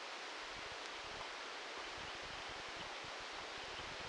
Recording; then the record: brain microelectrode recording played as sound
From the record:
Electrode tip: outside the subthalamic nucleus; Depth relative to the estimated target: -8 mm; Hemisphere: left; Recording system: NeuroSet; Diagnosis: Parkinson's disease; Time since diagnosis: 13 years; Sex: male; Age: 66 years